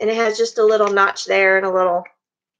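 Someone talks while handling the hinged plastic lid of a small plastic storage container for diamond painting drills, bringing its small tab toward the notch it snaps into. The voice fills the clip until about 2.1 seconds, followed by silence. Nothing has seated or clicked yet.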